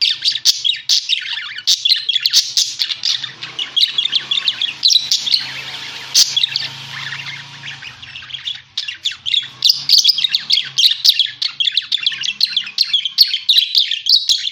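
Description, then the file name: Parakeet chattering throughout, dense rasping chirps, with a softer hissing stretch and low hum in the middle. Lure sound used for catching birds. "pancingan suara burung parkit"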